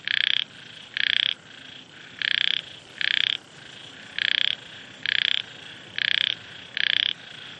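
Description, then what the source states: Frog croaks: short, harsh, buzzy pulsed bursts repeated about once a second. Frogs in Vietnam, with wind.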